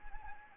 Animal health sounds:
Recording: mosquito wingbeat signal from an infrared sensor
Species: Anopheles gambiae

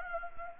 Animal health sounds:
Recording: mosquito wingbeat signal from an infrared sensor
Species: Anopheles gambiae

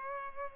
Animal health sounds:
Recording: mosquito wingbeat signal from an infrared sensor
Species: Culex pipiens

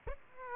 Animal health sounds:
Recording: mosquito wingbeat signal from an infrared sensor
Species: Aedes aegypti

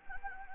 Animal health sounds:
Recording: mosquito wingbeat signal from an infrared sensor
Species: Anopheles gambiae

